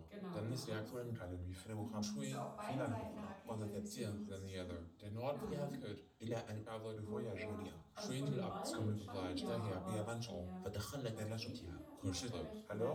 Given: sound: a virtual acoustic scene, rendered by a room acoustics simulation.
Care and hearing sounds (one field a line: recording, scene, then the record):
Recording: noise of the scene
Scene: living room, asymmetric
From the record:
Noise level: 67 dB SPL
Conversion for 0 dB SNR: 5.4 dB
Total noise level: 72.4 dB SPL